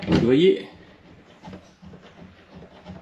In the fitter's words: ça ne ferme pas.